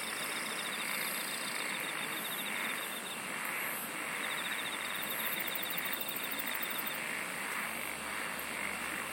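Insects sing in a dense, continuous buzzing chorus, with a thin high whine and brief runs of rapid ticking pulses drifting in and out.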